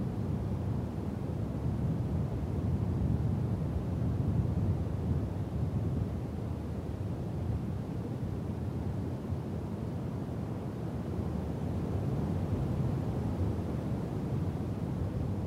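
Wind blows steadily for the whole stretch, a dense, deep rumbling roar with little brightness on top. The level stays nearly even throughout, swelling only slightly around the four- and twelve-second marks, with no separate events standing out.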